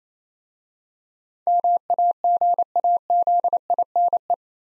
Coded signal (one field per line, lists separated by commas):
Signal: Morse code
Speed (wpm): 27 wpm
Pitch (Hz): 700 Hz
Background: none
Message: MAGAZINE